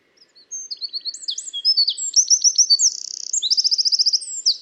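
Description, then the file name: Eurasian wren delivering an explosive, high-pitched song of rapid notes and two fast trills, one dry and rattling, one ringing, continuing about four seconds. "Troglodytes troglodytes"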